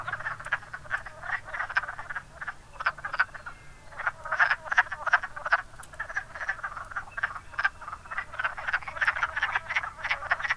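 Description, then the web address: Chorus of wood frogs, hoarse chuckling croaks, growing busier after the first few seconds. "zoology woodfrog"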